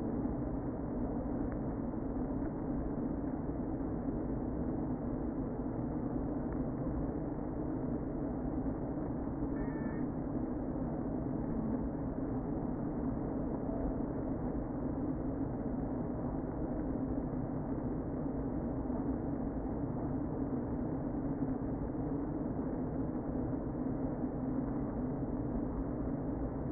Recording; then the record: honeybee colony, microphone inside the hive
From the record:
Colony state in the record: queen present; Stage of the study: before two queens were removed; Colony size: about 60,000 bees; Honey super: yes